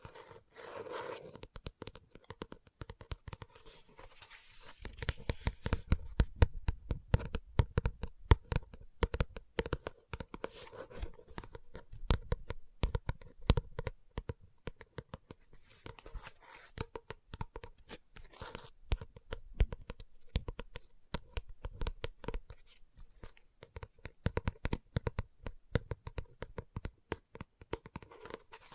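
Fingertips tap and scratch on a book in dense, rapid runs of sharp clicks, busiest from about 5 to 13 seconds and again near 18 and 27 seconds. Softer brushing, papery sounds fill the gaps, with a faint low hum running underneath throughout.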